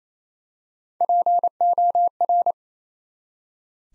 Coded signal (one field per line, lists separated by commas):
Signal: Morse code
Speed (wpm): 27 wpm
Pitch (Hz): 700 Hz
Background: none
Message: POR